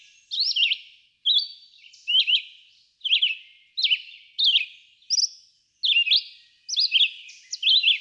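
Red-eyed vireo singing short, sharp, slurred whistled phrases, each followed by a short pause.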